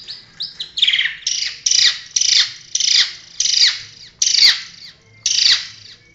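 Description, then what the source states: Long-tailed shrike song: loud, grating, scratchy notes repeated roughly every half second to one second, with a faint low hum beneath. Training recording used to teach songbirds.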